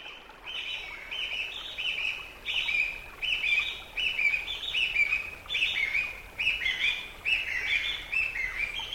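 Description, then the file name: Chinese bamboo partridge calling loudly, a run of shrill, piercing phrases repeated rapidly, over background noise. "kojukei"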